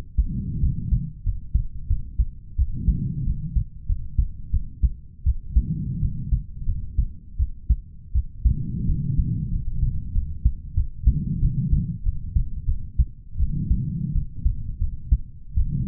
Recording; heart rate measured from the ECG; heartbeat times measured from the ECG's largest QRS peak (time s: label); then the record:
heart sounds by stethoscope; 88 bpm
0.61 s: heartbeat
1.24 s: heartbeat
1.88 s: heartbeat
2.56 s: heartbeat
3.25 s: heartbeat
3.87 s: heartbeat
4.51 s: heartbeat
5.24 s: heartbeat
6.00 s: heartbeat
6.66 s: heartbeat
7.37 s: heartbeat
8.12 s: heartbeat
8.86 s: heartbeat
9.50 s: heartbeat
10.12 s: heartbeat
10.74 s: heartbeat
11.40 s: heartbeat
12.03 s: heartbeat
12.66 s: heartbeat
13.37 s: heartbeat
14.13 s: heartbeat
14.79 s: heartbeat
15.54 s: heartbeat
From the record:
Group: healthy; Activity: rest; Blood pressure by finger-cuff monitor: 108/73 mmHg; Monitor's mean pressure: 82 mmHg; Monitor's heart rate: 91 bpm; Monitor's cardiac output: 6.7 L/min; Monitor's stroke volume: 76 mL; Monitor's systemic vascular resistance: 900 dyn s/cm5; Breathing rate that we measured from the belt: 24 breaths a minute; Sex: male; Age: 20 years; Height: 187 cm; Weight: 68.9 kg